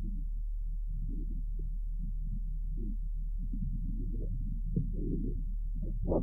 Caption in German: Alter nimmt die Lautstärke der Lungengeräusche beim gesunden Fohlen, insbesondere bei der Expiration, deutlich ab bei einem 4 Monate alten Fohlen.